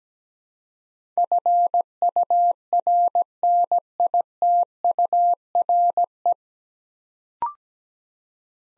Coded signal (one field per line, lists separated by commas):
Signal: Morse code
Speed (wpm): 17 wpm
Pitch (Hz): 700 Hz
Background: none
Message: FURNITURE